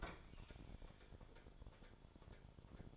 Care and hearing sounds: daily activity, microphone in the room; open fridge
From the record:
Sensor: 5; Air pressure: 1007.9 hPa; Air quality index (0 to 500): 92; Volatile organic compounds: 1 ppm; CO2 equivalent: 723 ppm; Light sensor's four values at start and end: 40/91/38/40 and 41/95/40/41

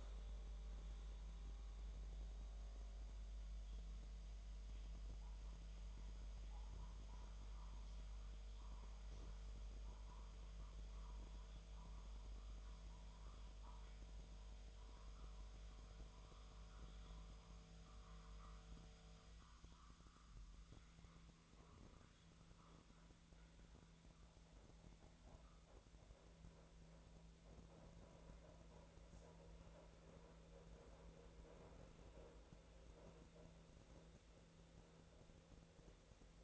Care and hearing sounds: daily activity, microphone in the room; make coffee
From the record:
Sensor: 3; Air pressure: 1009.4 hPa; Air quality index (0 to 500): 198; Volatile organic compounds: 17 ppm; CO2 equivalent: 2570 ppm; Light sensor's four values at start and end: 33/82/35/37 and 33/82/34/37

